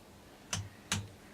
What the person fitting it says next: Yep, if you hear the click, you're good.